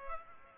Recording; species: mosquito wingbeat signal from an infrared sensor; Culex pipiens